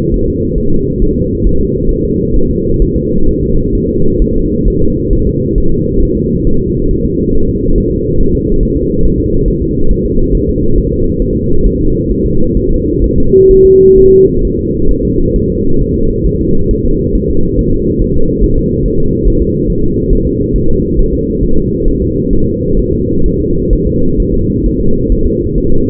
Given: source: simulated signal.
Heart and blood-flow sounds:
fetal heart sounds
0.14 s: S1
0.28 s: S2
0.58 s: S1
0.72 s: S2
1.02 s: S1
1.16 s: S2
1.47 s: S1
1.61 s: S2
1.91 s: S1
2.05 s: S2
2.36 s: S1
2.51 s: S2
2.82 s: S1
2.96 s: S2
3.29 s: S1
3.43 s: S2
3.75 s: S1
3.89 s: S2
4.22 s: S1
4.36 s: S2
4.68 s: S1
4.82 s: S2
5.13 s: S1
5.27 s: S2
5.58 s: S1
5.72 s: S2
6.03 s: S1
6.17 s: S2
6.47 s: S1
6.61 s: S2
6.91 s: S1
7.05 s: S2
7.35 s: S1
7.49 s: S2
7.78 s: S1
7.92 s: S2
8.21 s: S1
8.35 s: S2
8.63 s: S1
8.77 s: S2
9.05 s: S1
9.20 s: S2
9.48 s: S1
9.62 s: S2
9.91 s: S1
10.05 s: S2
10.35 s: S1
10.49 s: S2
10.78 s: S1
10.92 s: S2
11.22 s: S1
11.36 s: S2
11.66 s: S1
11.81 s: S2
12.12 s: S1
12.26 s: S2
12.57 s: S1
12.71 s: S2
13.04 s: S1
13.18 s: S2
13.51 s: S1
13.65 s: S2
13.98 s: S1
14.12 s: S2
14.45 s: S1
14.59 s: S2
14.91 s: S1
15.05 s: S2
15.36 s: S1
15.50 s: S2
15.82 s: S1
15.96 s: S2
16.27 s: S1
16.41 s: S2
16.71 s: S1
16.85 s: S2
17.15 s: S1
17.29 s: S2
17.59 s: S1
17.73 s: S2
18.02 s: S1
18.16 s: S2
18.44 s: S1
18.58 s: S2
18.86 s: S1
19.00 s: S2
19.28 s: S1
19.42 s: S2
19.70 s: S1
19.84 s: S2
20.13 s: S1
20.27 s: S2
20.56 s: S1
20.70 s: S2
20.99 s: S1
21.13 s: S2
21.43 s: S1
21.57 s: S2
21.88 s: S1
22.02 s: S2
22.33 s: S1
22.47 s: S2
22.79 s: S1
22.93 s: S2
23.26 s: S1
23.40 s: S2
23.73 s: S1
23.87 s: S2
24.20 s: S1
24.34 s: S2
24.66 s: S1
24.80 s: S2
25.12 s: S1
25.26 s: S2
25.58 s: S1
25.72 s: S2
From the record:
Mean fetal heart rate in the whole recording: 135 bpm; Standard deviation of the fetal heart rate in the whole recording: 3 bpm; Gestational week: 36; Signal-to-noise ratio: -17.7 dB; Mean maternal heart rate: 72 bpm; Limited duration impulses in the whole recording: present

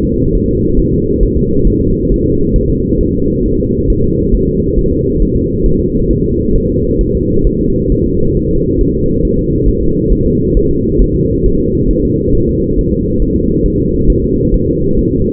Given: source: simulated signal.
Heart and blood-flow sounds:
fetal heart sounds
0.05 s: S2
0.35 s: S1
0.49 s: S2
0.79 s: S1
0.93 s: S2
1.23 s: S1
1.37 s: S2
1.67 s: S1
1.81 s: S2
2.12 s: S1
2.26 s: S2
2.56 s: S1
2.70 s: S2
3.01 s: S1
3.15 s: S2
3.45 s: S1
3.60 s: S2
3.90 s: S1
4.04 s: S2
4.35 s: S1
4.49 s: S2
4.79 s: S1
4.93 s: S2
5.22 s: S1
5.36 s: S2
5.66 s: S1
5.80 s: S2
6.11 s: S1
6.25 s: S2
6.55 s: S1
6.70 s: S2
7.01 s: S1
7.15 s: S2
7.47 s: S1
7.61 s: S2
7.92 s: S1
8.06 s: S2
8.37 s: S1
8.51 s: S2
8.81 s: S1
8.95 s: S2
9.25 s: S1
9.39 s: S2
9.68 s: S1
9.83 s: S2
10.12 s: S1
10.27 s: S2
10.57 s: S1
10.71 s: S2
11.02 s: S1
11.16 s: S2
11.46 s: S1
11.60 s: S2
11.91 s: S1
12.05 s: S2
12.35 s: S1
12.49 s: S2
12.78 s: S1
12.93 s: S2
13.22 s: S1
13.36 s: S2
13.66 s: S1
13.80 s: S2
14.10 s: S1
14.24 s: S2
14.54 s: S1
14.68 s: S2
14.99 s: S1
15.13 s: S2
From the record:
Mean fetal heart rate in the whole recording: 135 bpm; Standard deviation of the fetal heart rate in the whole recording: 3 bpm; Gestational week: 36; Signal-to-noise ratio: -15.3 dB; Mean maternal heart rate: 72 bpm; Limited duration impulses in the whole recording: present

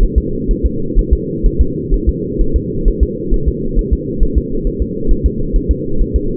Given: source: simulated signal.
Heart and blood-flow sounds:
fetal heart sounds
0.03 s: S1
0.18 s: S2
0.51 s: S1
0.66 s: S2
0.99 s: S1
1.13 s: S2
1.46 s: S1
1.61 s: S2
1.94 s: S1
2.09 s: S2
2.41 s: S1
2.56 s: S2
2.88 s: S1
3.03 s: S2
3.34 s: S1
3.48 s: S2
3.79 s: S1
3.93 s: S2
4.23 s: S1
4.38 s: S2
4.67 s: S1
4.82 s: S2
5.11 s: S1
5.26 s: S2
5.56 s: S1
5.71 s: S2
6.01 s: S1
6.16 s: S2
From the record:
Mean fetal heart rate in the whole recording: 130 bpm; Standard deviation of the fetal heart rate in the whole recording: 4 bpm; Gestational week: 38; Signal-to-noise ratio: -8.1 dB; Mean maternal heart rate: 72 bpm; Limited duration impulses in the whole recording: absent

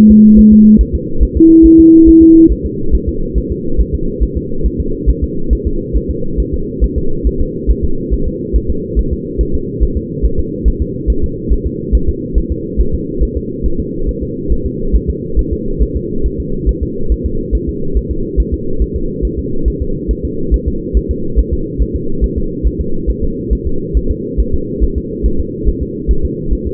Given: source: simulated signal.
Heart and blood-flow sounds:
fetal heart sounds
0.11 s: S2
0.39 s: S1
0.53 s: S2
0.81 s: S1
0.95 s: S2
1.23 s: S1
1.37 s: S2
1.66 s: S1
1.80 s: S2
2.09 s: S1
2.23 s: S2
2.52 s: S1
2.66 s: S2
2.95 s: S1
3.09 s: S2
3.38 s: S1
3.52 s: S2
3.81 s: S1
3.95 s: S2
4.23 s: S1
4.37 s: S2
4.66 s: S1
4.80 s: S2
5.10 s: S1
5.24 s: S2
5.53 s: S1
5.67 s: S2
5.97 s: S1
6.11 s: S2
6.40 s: S1
6.54 s: S2
6.84 s: S1
6.98 s: S2
7.27 s: S1
7.41 s: S2
7.71 s: S1
7.85 s: S2
8.14 s: S1
8.28 s: S2
8.56 s: S1
8.70 s: S2
8.99 s: S1
9.13 s: S2
9.41 s: S1
9.55 s: S2
9.83 s: S1
9.97 s: S2
10.26 s: S1
10.40 s: S2
10.68 s: S1
10.82 s: S2
11.10 s: S1
11.24 s: S2
11.53 s: S1
11.67 s: S2
11.95 s: S1
12.09 s: S2
12.38 s: S1
12.52 s: S2
12.81 s: S1
12.95 s: S2
13.23 s: S1
13.37 s: S2
13.66 s: S1
13.80 s: S2
14.09 s: S1
14.23 s: S2
14.52 s: S1
14.66 s: S2
14.96 s: S1
15.10 s: S2
15.39 s: S1
15.53 s: S2
15.83 s: S1
15.97 s: S2
16.26 s: S1
16.40 s: S2
16.69 s: S1
16.83 s: S2
17.12 s: S1
17.26 s: S2
17.55 s: S1
17.69 s: S2
17.97 s: S1
18.11 s: S2
18.40 s: S1
18.54 s: S2
18.82 s: S1
18.96 s: S2
19.25 s: S1
19.39 s: S2
19.68 s: S1
19.82 s: S2
20.11 s: S1
20.25 s: S2
20.54 s: S1
20.68 s: S2
20.97 s: S1
21.11 s: S2
21.39 s: S1
21.53 s: S2
21.82 s: S1
21.96 s: S2
22.24 s: S1
22.38 s: S2
22.67 s: S1
22.81 s: S2
23.10 s: S1
23.24 s: S2
23.53 s: S1
23.67 s: S2
23.97 s: S1
24.11 s: S2
24.40 s: S1
24.55 s: S2
24.84 s: S1
24.98 s: S2
25.26 s: S1
25.40 s: S2
25.69 s: S1
25.83 s: S2
26.11 s: S1
26.25 s: S2
26.53 s: S1
26.67 s: S2
From the record:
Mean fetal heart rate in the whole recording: 140 bpm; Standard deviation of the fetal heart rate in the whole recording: 2 bpm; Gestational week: 34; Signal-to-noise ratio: -8.1 dB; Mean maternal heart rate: 72 bpm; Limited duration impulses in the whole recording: present

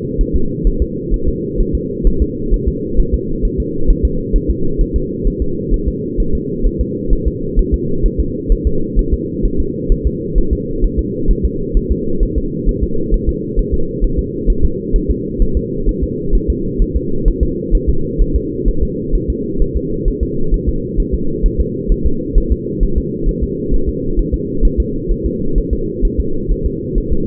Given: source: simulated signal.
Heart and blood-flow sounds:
fetal heart sounds
0.21 s: S1
0.36 s: S2
0.67 s: S1
0.82 s: S2
1.14 s: S1
1.28 s: S2
1.60 s: S1
1.75 s: S2
2.07 s: S1
2.22 s: S2
2.54 s: S1
2.68 s: S2
3.00 s: S1
3.14 s: S2
3.45 s: S1
3.60 s: S2
3.90 s: S1
4.05 s: S2
4.36 s: S1
4.50 s: S2
4.81 s: S1
4.96 s: S2
5.27 s: S1
5.42 s: S2
5.74 s: S1
5.88 s: S2
6.20 s: S1
6.35 s: S2
6.67 s: S1
6.81 s: S2
7.13 s: S1
7.28 s: S2
7.59 s: S1
7.74 s: S2
8.06 s: S1
8.20 s: S2
8.52 s: S1
8.67 s: S2
8.99 s: S1
9.14 s: S2
9.46 s: S1
9.60 s: S2
9.92 s: S1
10.07 s: S2
10.38 s: S1
10.53 s: S2
10.84 s: S1
10.99 s: S2
11.31 s: S1
11.45 s: S2
11.77 s: S1
11.91 s: S2
12.23 s: S1
12.38 s: S2
12.69 s: S1
12.83 s: S2
13.14 s: S1
13.29 s: S2
13.59 s: S1
13.74 s: S2
14.04 s: S1
14.19 s: S2
14.50 s: S1
14.65 s: S2
14.96 s: S1
15.11 s: S2
15.42 s: S1
15.57 s: S2
15.89 s: S1
16.03 s: S2
16.35 s: S1
16.50 s: S2
16.82 s: S1
16.97 s: S2
17.28 s: S1
17.43 s: S2
17.75 s: S1
17.89 s: S2
18.22 s: S1
18.36 s: S2
18.69 s: S1
18.83 s: S2
19.15 s: S1
19.30 s: S2
19.62 s: S1
19.77 s: S2
20.08 s: S1
20.23 s: S2
20.54 s: S1
20.69 s: S2
21.00 s: S1
21.15 s: S2
21.46 s: S1
21.60 s: S2
21.92 s: S1
22.06 s: S2
22.38 s: S1
22.52 s: S2
22.83 s: S1
22.98 s: S2
23.29 s: S1
23.43 s: S2
23.74 s: S1
23.89 s: S2
24.19 s: S1
24.34 s: S2
24.65 s: S1
24.80 s: S2
25.12 s: S1
25.26 s: S2
25.58 s: S1
25.73 s: S2
26.05 s: S1
26.20 s: S2
26.52 s: S1
26.66 s: S2
26.98 s: S1
27.13 s: S2
From the record:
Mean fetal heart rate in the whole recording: 130 bpm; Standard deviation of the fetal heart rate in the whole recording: 2 bpm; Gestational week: 38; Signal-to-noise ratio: -8.1 dB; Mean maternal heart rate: 72 bpm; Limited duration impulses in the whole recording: absent

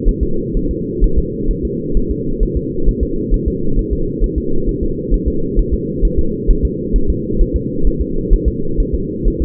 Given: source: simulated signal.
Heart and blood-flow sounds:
fetal heart sounds
0.09 s: S1
0.23 s: S2
0.57 s: S1
0.71 s: S2
1.04 s: S1
1.18 s: S2
1.51 s: S1
1.65 s: S2
1.97 s: S1
2.11 s: S2
2.43 s: S1
2.57 s: S2
2.89 s: S1
3.03 s: S2
3.34 s: S1
3.48 s: S2
3.79 s: S1
3.93 s: S2
4.24 s: S1
4.38 s: S2
4.69 s: S1
4.83 s: S2
5.14 s: S1
5.28 s: S2
5.59 s: S1
5.74 s: S2
6.05 s: S1
6.19 s: S2
6.50 s: S1
6.65 s: S2
6.96 s: S1
7.10 s: S2
7.41 s: S1
7.56 s: S2
7.87 s: S1
8.01 s: S2
8.33 s: S1
8.48 s: S2
8.80 s: S1
8.95 s: S2
9.28 s: S1
9.42 s: S2
From the record:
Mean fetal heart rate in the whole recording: 130 bpm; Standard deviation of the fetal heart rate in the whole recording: 4 bpm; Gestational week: 38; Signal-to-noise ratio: -8.1 dB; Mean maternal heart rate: 72 bpm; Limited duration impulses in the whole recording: absent

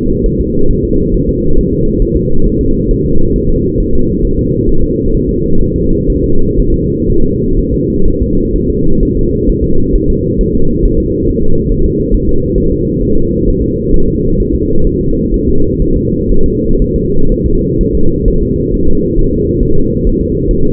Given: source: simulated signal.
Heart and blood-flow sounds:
fetal heart sounds
0.26 s: S1
0.41 s: S2
0.71 s: S1
0.85 s: S2
1.15 s: S1
1.29 s: S2
1.58 s: S1
1.73 s: S2
2.02 s: S1
2.17 s: S2
2.47 s: S1
2.61 s: S2
2.91 s: S1
3.06 s: S2
3.36 s: S1
3.50 s: S2
3.80 s: S1
3.95 s: S2
4.25 s: S1
4.39 s: S2
4.69 s: S1
4.84 s: S2
5.15 s: S1
5.29 s: S2
5.61 s: S1
5.76 s: S2
6.10 s: S1
6.24 s: S2
6.59 s: S1
6.74 s: S2
7.10 s: S1
7.24 s: S2
7.59 s: S1
7.74 s: S2
8.08 s: S1
8.22 s: S2
8.56 s: S1
8.70 s: S2
9.03 s: S1
9.17 s: S2
9.49 s: S1
9.64 s: S2
9.96 s: S1
10.10 s: S2
10.41 s: S1
10.55 s: S2
10.85 s: S1
11.00 s: S2
11.29 s: S1
11.43 s: S2
11.72 s: S1
11.86 s: S2
12.15 s: S1
12.29 s: S2
12.58 s: S1
12.72 s: S2
13.02 s: S1
13.17 s: S2
13.48 s: S1
13.62 s: S2
13.94 s: S1
14.08 s: S2
14.40 s: S1
14.55 s: S2
14.87 s: S1
15.01 s: S2
15.34 s: S1
15.48 s: S2
15.82 s: S1
15.97 s: S2
16.31 s: S1
16.46 s: S2
16.82 s: S1
16.96 s: S2
17.32 s: S1
17.46 s: S2
17.81 s: S1
17.95 s: S2
18.28 s: S1
18.42 s: S2
18.74 s: S1
18.88 s: S2
19.19 s: S1
19.33 s: S2
19.63 s: S1
19.77 s: S2
20.07 s: S1
20.21 s: S2
20.51 s: S1
20.65 s: S2
From the record:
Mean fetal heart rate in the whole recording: 130 bpm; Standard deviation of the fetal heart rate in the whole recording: 4 bpm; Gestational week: 38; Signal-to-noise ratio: -19.1 dB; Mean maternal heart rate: 72 bpm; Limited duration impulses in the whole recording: present

